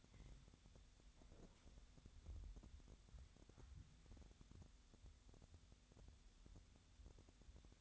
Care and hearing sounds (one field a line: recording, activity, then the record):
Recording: daily activity, microphone in the room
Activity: wipe stove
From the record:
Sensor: 3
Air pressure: 1007.1 hPa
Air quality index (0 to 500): 205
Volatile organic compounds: 18 ppm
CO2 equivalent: 2628 ppm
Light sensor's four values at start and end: 12/27/11/11 and 11/27/11/11